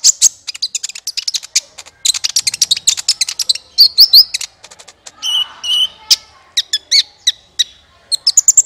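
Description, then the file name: Olive-backed Sunbird song: rapid, high, sharp chirps and twittering notes in quick bursts, with a few short whistled phrases mixed in. "suara kolibri ninja"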